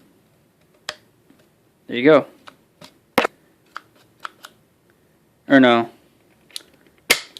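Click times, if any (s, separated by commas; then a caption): 7.1 s. An interior trim piece's clip on a 2007 Subaru STI, being prepped before paint, is pressed into its mounting on a car interior panel while someone talks. Several sharp plastic ticks and taps come before a loud, crisp click at 7.1 s, and the clip is seated.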